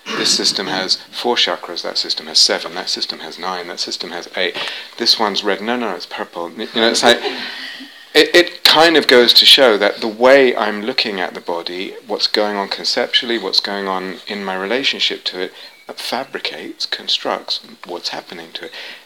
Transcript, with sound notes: this system has four chakras, that system has seven, that system has nine, that system has eight, this one's red, no, no, it's purple... [laughter] It kind of goes to show that the way I'm looking at the body, what's going on conceptually, what's going on in my relationship to it fabricates, constructs what's happening to it.